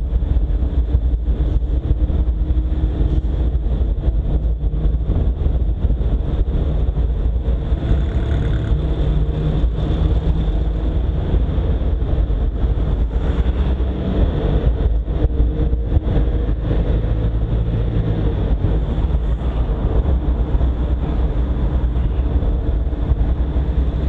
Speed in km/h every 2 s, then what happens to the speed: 25, 26, 27, 27, 29, 32, 34, 36, 39, 39, 42, 45.
0-6 steady at about 26. 6-24 speeds up to 45.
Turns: none.